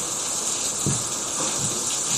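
Water gushes in a steady, unbroken rush with a bright hissing texture, holding an even loudness throughout, with a couple of faint low thumps underneath and no voices.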